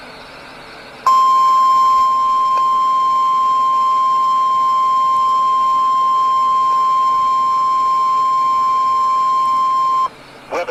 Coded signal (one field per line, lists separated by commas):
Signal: Emergency Alert System (SAME) tones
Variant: 1050 Hz attention tone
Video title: BACK TO THE MID-ATLANTIC... EAS Alerts from 7/7/21 (EAS #429-452)